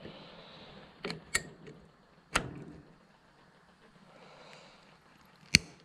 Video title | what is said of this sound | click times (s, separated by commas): EP51 - Power Steering Pump rebuild, Toyota 2H FJ40, BJ40, HJ60 plus 1967 GTO trade up to 1966 FJ45LV | mount that in give it a bit of a push and you'll hear it snap into place now we've got our brand new seal | 5.6 s